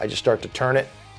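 A barrel lock wrench is being turned on an IWI Tavor SAR rifle barrel to drop the barrel locking tongue into its groove, while someone talks over low background sound. The locking tongue has not yet dropped into the groove, and nothing has seated or clicked yet.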